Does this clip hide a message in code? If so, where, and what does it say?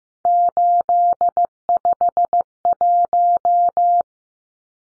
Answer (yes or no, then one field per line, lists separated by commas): yes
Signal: Morse code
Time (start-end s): 0.3-4.0 s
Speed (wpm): 15 wpm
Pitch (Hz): 700 Hz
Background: none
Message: 851